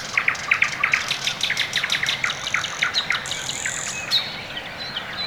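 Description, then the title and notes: Small birds chirping and twittering rapidly, quick repeated high notes several per second, then a thin sustained whistle near the end. Birds on a quiet early morning in Orekhovo-Borisovo Severnoye district, Moscow, Russia; recorded with Sony ECM-MS2 into Marantz PMD-661, processed with iZotope RX II (EQ, gain). "район Орехово-Борисово Северное, Москва, Россия - Morning birds. Quiet early morning"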